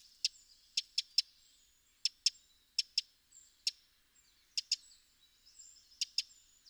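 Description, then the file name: Eurasian wren calls: sharp, dry ticks in pairs and short runs, spaced irregularly, with faint high whistles behind. "Troglodytes troglodytes"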